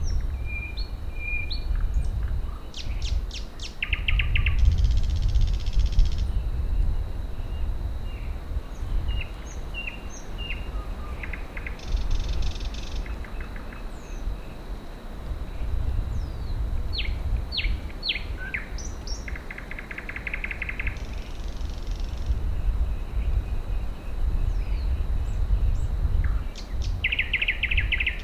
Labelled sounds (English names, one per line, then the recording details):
Thrush Nightingale song
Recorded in the wild
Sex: male
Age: adult
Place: Kützerhof, Kummerower See, Mecklenburg-Vorpommern, DE
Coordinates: 53.855, 12.8867
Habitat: alder marsh
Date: 2009-05-06 23:10
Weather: cloudy, 10°C, almost no wind
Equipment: Sound Devices 702, Sennheiser MKH 70, Rycote Windschutz
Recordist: Frommolt, Karl-Heinz